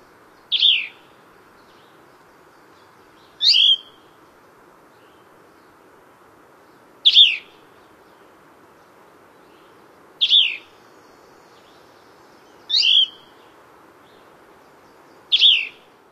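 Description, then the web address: Cassin's Vireo singing: six short slurred phrases spaced a few seconds apart, over a faint low background hiss. North America. "Songs of Birds of North America Stokes. Cassins Vireo"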